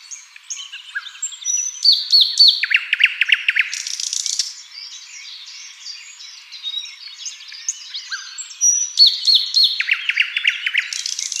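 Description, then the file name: Common nightingale song in two bursts, each with whistled notes and a fast rattling series of repeated notes, separated by softer varied warbling and birdsong. "Luscinia megarhynchos"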